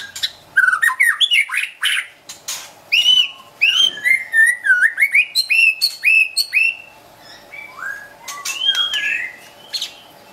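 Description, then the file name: White-rumped shama song, a long sequence of varied melodious whistles, slurs and clicks, delivered rapidly with brief gaps between phrases. Wild bird from forest near Medan, singing actively (gacor). "suara burung murai batu hutan medan gacor"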